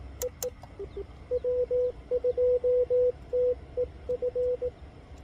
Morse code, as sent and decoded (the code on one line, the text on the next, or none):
. . / .-- ..--- - . ..-.
EE W2TEF